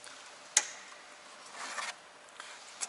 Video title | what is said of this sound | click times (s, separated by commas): [토요타 캠리] Toyota Camry 초간단 덴소혼 DIY 교체방법 | 찰칵하는 소리가 나오면 동일하게 아까 위치에 고정 해서 다시 넣어주시는 방식입니다 | 0.6 s